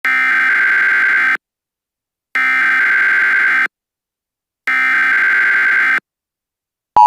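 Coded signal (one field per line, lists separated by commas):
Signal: Emergency Alert System (SAME) tones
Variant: header bursts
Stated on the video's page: Fictional EAS scenario.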